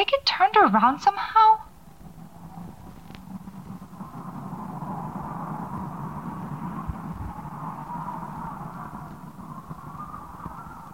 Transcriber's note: the wind whistles long and low